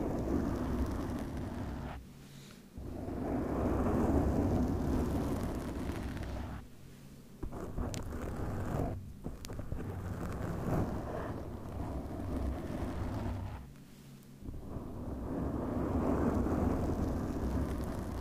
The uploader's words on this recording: ASMR Mic Scratching no Talking, MIT/OHNE Cover.